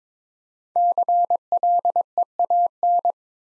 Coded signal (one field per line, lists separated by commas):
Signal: Morse code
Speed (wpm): 22 wpm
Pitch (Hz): 700 Hz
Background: none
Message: CLEAN